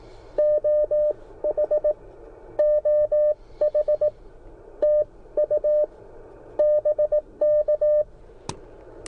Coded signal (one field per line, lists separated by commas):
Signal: Morse code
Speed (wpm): 18 wpm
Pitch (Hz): 600 Hz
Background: none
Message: OH OH TU BK